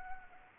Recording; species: mosquito wingbeat signal from an infrared sensor; Anopheles arabiensis